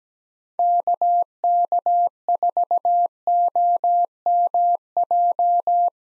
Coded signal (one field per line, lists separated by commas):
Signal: Morse code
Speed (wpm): 17 wpm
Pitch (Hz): 700 Hz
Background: none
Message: KK4OMJ